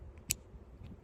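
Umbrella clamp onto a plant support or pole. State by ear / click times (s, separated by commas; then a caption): seated / 0.3 s. A plastic clamp holding a shade umbrella is hooked onto a plant support or pole and pushed until it clicks home. A single sharp, bright click sounds at 0.3 s over faint low background noise. The clamp clip is seated.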